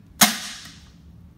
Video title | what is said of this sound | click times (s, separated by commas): Universal Hub Cap on Standard Golf Cart Wheel - Tutorial | then it'll click into place | 0.2 s